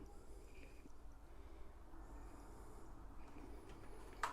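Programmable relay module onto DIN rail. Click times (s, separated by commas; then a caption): 4.2 s. A programmable relay (PLC) module's plastic back is pressed onto a standard metal DIN rail, with low background noise until a sharp, brief snap at 4.2 seconds. The module is seated on the rail and cannot be pulled off without releasing its tabs.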